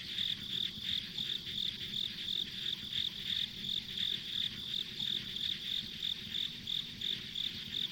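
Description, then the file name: Insect chorus with regular high chirps pulsing about three times per second over a constant shrill background hum. Ambient insect sounds along a rural country road. "田舎道の虫の環境音"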